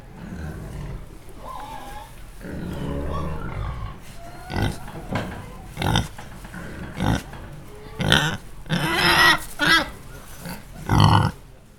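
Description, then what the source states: Pigs grunting and snorting, then a series of short, loud squeals in the second half. Several pigs.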